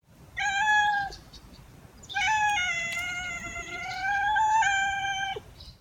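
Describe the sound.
Cat meowing: a clear, drawn-out meow, then a second much longer, wavering meow lasting over three seconds, over a faint low background hum.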